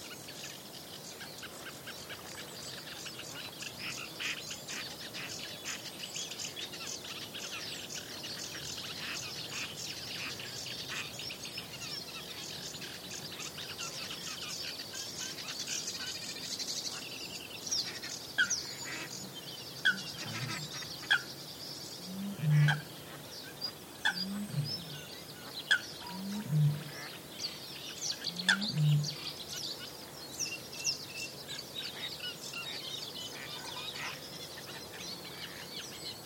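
Dense birdsong chatters over steady rustling, and after twenty seconds low hooting or cooing calls repeat about every two seconds.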